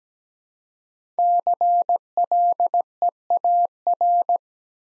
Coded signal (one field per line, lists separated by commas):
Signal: Morse code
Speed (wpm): 17 wpm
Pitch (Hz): 700 Hz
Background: none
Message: CLEAR